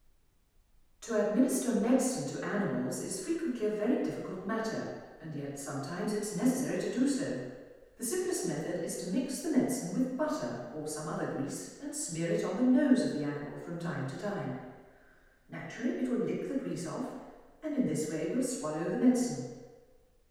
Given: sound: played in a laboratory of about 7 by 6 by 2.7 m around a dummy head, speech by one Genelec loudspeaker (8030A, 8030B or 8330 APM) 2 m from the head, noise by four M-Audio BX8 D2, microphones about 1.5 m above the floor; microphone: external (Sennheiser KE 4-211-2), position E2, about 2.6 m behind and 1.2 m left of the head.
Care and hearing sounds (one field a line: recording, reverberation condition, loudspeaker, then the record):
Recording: female speech in English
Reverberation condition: high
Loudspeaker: in front (0 degrees)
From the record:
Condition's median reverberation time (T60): about 1300 ms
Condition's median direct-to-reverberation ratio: about -4.0 dB